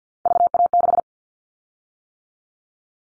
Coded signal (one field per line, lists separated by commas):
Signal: Morse code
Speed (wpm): 50 wpm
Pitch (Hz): 700 Hz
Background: none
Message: VA6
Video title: Callsign Prefixes for Top 100 DXCC 50wpm